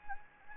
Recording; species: mosquito wingbeat signal from an infrared sensor; Anopheles gambiae